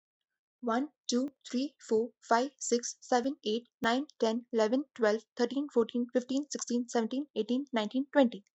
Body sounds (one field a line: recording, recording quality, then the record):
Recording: counting at a fast pace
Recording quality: excellent, no background noise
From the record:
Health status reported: recovered from COVID-19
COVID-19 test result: positive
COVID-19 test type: RT-PCR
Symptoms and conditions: loss of smell and taste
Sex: female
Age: 22 years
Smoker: no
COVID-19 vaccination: both doses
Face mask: not worn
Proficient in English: yes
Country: India